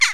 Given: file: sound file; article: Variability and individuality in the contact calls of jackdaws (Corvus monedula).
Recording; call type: jackdaw call; harmonic